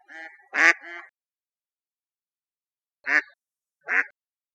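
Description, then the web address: Mallard quacking: a run of three harsh nasal quacks, the middle one loudest, then two single quacks spaced about a second apart after a pause. "birdfinder"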